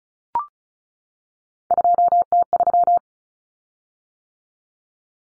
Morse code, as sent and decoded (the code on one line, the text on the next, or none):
..--- - ...--
2T3